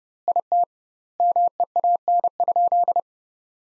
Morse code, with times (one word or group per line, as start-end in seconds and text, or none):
0.3-0.6 IT
1.2-3.0 MEAN?